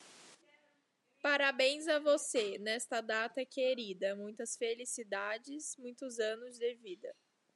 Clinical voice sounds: short text; Brazilian Portuguese; female; 20 to 29 years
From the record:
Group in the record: control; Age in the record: 26 years

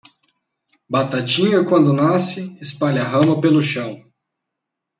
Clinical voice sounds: short text; Brazilian Portuguese; male; 30 to 39 years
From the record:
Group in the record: control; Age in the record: 30 years

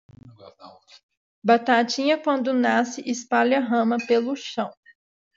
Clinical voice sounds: short text; Brazilian Portuguese; female; 20 to 29 years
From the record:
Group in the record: control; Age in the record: 20 years

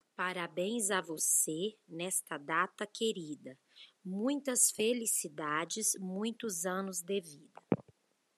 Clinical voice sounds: short text; Brazilian Portuguese; female; 30 to 39 years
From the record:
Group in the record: control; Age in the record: 39 years

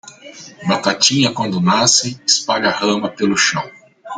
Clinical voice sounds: short text; Brazilian Portuguese; male; 60 to 69 years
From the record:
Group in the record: control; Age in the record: 60 years

